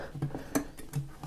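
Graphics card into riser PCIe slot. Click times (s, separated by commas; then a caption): 0.6 s. A graphics card is pressed into the PCIe slot of a Lian Li vertical GPU riser kit, with a few soft taps and knocks around it. A sharp, brighter click at 0.6 s stands out as the loudest sound, marking the card seated in the slot.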